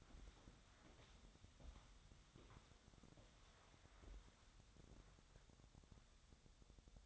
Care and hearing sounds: daily activity, microphone in the room; walk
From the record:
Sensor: 3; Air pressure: 1015.3 hPa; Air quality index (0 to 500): 132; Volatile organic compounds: 6 ppm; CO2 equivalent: 1866 ppm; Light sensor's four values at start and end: 13/34/13/14 and 10/27/10/11

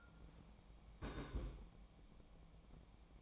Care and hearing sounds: daily activity, microphone in the room; place on stove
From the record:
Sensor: 1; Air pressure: 1000.0 hPa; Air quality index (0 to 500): 133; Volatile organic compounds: 2 ppm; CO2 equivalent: 1262 ppm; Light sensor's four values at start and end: 38/96/40/50 and 38/97/41/50

